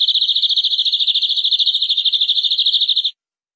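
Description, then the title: Canary song: a steady, fast rolling trill held for about three seconds at an even pitch, then stopping abruptly. "BM Suara Kenari"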